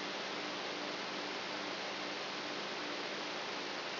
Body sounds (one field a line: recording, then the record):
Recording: brain microelectrode recording played as sound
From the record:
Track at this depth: outside the subthalamic nucleus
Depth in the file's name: 6.84 mm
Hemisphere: right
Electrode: 3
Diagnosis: Parkinson's disease